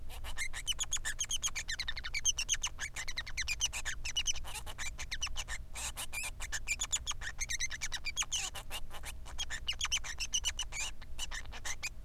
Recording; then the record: song of a male Bengalese finch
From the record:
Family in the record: son of father 3